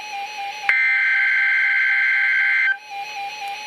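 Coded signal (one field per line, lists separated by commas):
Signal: Emergency Alert System (SAME) tones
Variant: header bursts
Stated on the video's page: Required monthly test received on NOAA Weather Radio transmitter KEC60, Milwaukee, Wisconsin.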